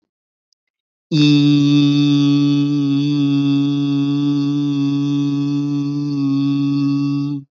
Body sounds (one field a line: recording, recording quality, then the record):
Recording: sustained vowel as in beet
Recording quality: excellent, no background noise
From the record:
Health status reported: healthy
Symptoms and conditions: hypertension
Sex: male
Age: 29 years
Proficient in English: yes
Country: India